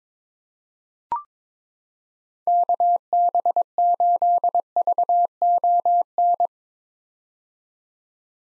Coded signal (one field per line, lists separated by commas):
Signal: Morse code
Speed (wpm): 22 wpm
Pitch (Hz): 700 Hz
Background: none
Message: KB8VON